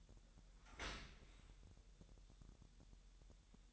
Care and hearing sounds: daily activity, microphone in the room; open dishwasher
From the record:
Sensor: 3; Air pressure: 1000.6 hPa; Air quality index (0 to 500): 248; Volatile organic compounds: 172 ppm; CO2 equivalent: 4113 ppm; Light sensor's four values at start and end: 11/25/10/10 and 11/25/10/10

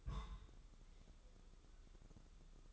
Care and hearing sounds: daily activity, microphone in the room; place on stove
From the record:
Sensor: 3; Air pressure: 995.4 hPa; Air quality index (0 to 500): 86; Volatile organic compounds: 8 ppm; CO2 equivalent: 2080 ppm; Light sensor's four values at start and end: 26/80/33/29 and 26/80/33/29

